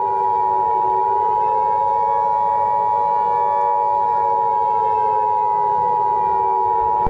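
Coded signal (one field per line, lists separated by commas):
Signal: Emergency Alert System (SAME) tones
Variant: 853 and 960 Hz attention tone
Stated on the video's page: Fictional EAS scenario based on a film creature, not a real alert.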